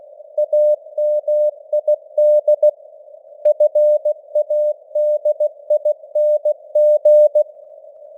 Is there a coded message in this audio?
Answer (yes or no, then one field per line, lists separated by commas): yes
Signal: Morse code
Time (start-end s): 0.4-7.4 s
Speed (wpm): 16 wpm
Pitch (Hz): 600 Hz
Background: none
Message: AMID FADING